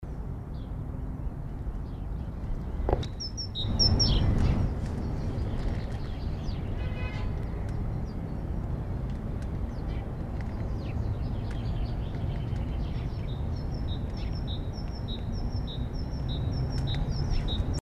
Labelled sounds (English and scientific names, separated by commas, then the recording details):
Great Tit (Parus major) song
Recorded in the wild
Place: IT
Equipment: Uher 4000
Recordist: Tretzel, Erwin
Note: Südtirol 1981: Gesang